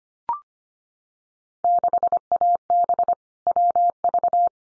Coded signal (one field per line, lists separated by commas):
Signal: Morse code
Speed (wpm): 25 wpm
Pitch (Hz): 700 Hz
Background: none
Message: 6AB WV